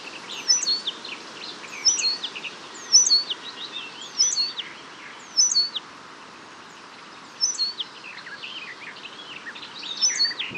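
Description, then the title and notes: Eurasian penduline tit: short high notes in brief bursts every one to three seconds, amid busy twittering. "La Mésange rémiz (Remiz pendulinus). Les Mésanges"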